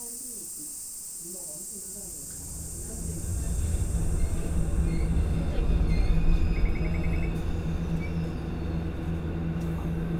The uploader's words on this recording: This episode is a composition comprising field recordings I made in Kyoto Japan in 2015.